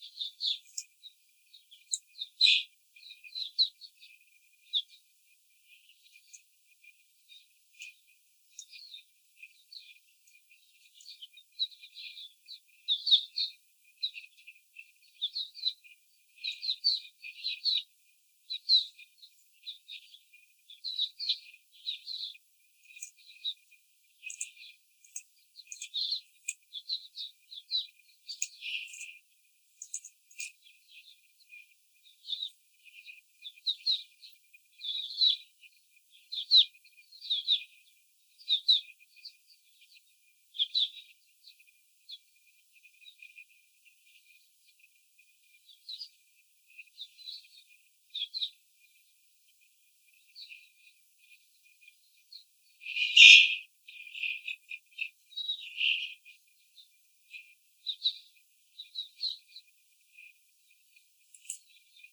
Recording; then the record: young laying hens in a cage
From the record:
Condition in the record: after the stressor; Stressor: simulated dog barking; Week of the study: 4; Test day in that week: 2